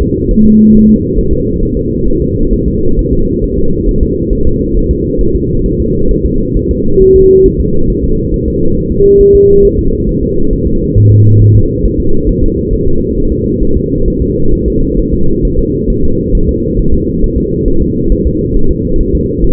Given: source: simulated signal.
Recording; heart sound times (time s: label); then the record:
fetal heart sounds
0.02 s: S2
0.31 s: S1
0.46 s: S2
0.75 s: S1
0.89 s: S2
1.18 s: S1
1.33 s: S2
1.63 s: S1
1.77 s: S2
2.08 s: S1
2.22 s: S2
2.53 s: S1
2.68 s: S2
2.99 s: S1
3.13 s: S2
3.44 s: S1
3.58 s: S2
3.89 s: S1
4.03 s: S2
4.33 s: S1
4.47 s: S2
4.77 s: S1
4.91 s: S2
5.21 s: S1
5.35 s: S2
5.66 s: S1
5.80 s: S2
6.11 s: S1
6.26 s: S2
6.57 s: S1
6.71 s: S2
7.02 s: S1
7.16 s: S2
7.46 s: S1
7.61 s: S2
7.90 s: S1
8.04 s: S2
8.34 s: S1
8.48 s: S2
8.78 s: S1
8.92 s: S2
9.21 s: S1
9.35 s: S2
9.65 s: S1
9.79 s: S2
10.09 s: S1
10.23 s: S2
10.53 s: S1
10.68 s: S2
10.97 s: S1
11.12 s: S2
11.42 s: S1
11.56 s: S2
11.86 s: S1
12.00 s: S2
12.29 s: S1
12.44 s: S2
12.73 s: S1
12.88 s: S2
13.18 s: S1
13.32 s: S2
13.62 s: S1
13.77 s: S2
14.08 s: S1
14.22 s: S2
14.54 s: S1
14.68 s: S2
14.99 s: S1
15.14 s: S2
15.45 s: S1
15.59 s: S2
15.90 s: S1
16.04 s: S2
16.35 s: S1
16.49 s: S2
16.79 s: S1
16.94 s: S2
17.24 s: S1
17.38 s: S2
17.68 s: S1
17.82 s: S2
18.12 s: S1
18.27 s: S2
18.57 s: S1
18.71 s: S2
19.00 s: S1
19.15 s: S2
19.44 s: S1
From the record:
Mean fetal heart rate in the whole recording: 135 bpm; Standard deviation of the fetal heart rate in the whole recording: 3 bpm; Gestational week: 36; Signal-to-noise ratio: -17.7 dB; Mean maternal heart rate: 72 bpm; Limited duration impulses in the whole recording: present